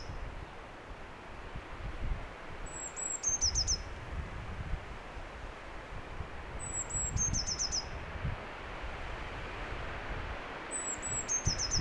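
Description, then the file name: Eurasian blue tit song: high thin notes followed by a quick trill, the phrase given three times over low rumbling background noise. "Cyanistes caeruleus"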